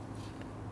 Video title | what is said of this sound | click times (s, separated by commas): How to Replace Oil Pressure Switch 2006-2014 Honda Ridgeline | Line it up and just push it down. And you're going to hear and feel it snap into place. | 0.4 s